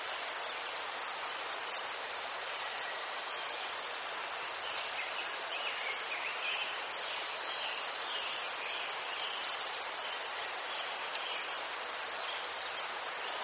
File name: les sverchki ptici i shum reki vdaleke